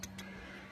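The quick-release clamp lever on the fork top clamp of an F-15 RS is closed and snaps shut with a sharp click at 0.0 s, followed by a softer broadband burst at 0.2 s over a steady low hum. A set screw adjusts the lever so it clicks, and this one is seated, though it could be a little tighter.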